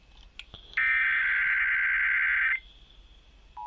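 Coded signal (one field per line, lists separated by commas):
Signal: Emergency Alert System (SAME) tones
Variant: header bursts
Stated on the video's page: Collection of EAS tests including state required monthly tests, one originated after a failed first attempt.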